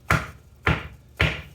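A glass lens resting on the rubber gasket of a landscape lighting fixture housing, not yet fully in place, is tapped down with a 1.5 inch coupling. Three sharp taps ring out at 0.1, 0.7 and 1.2 seconds, each with a brief decay. The lens ends up seated nice and tight.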